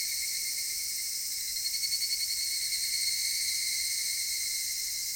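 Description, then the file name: Cicadas droning in a high continuous whine, with a short burst of faster rhythmic pulsing briefly standing out in the middle. Cicadas recorded in Japan. "Cigales nippon"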